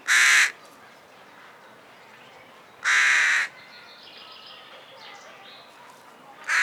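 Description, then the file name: Carrion crow calling with coarse, throaty caws spaced about three seconds apart, three in all, against quiet background bird calls. "Corvus corone"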